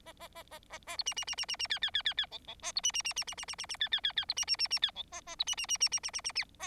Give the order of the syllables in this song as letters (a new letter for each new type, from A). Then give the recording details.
A A A A A A B C C C C C C D D D D D E E A B C C C C C C C C C D D D D B C C C C D E A A B C C C C C C C C. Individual Bird4